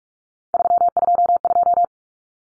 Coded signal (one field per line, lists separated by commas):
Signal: Morse code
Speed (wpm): 44 wpm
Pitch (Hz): 700 Hz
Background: none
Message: 322